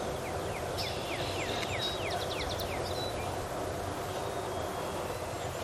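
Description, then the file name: Tree swallow giving rapid falling chirps and a brief stuttered burst of notes, with a continuous low hum underneath. "Tachycineta bicolor"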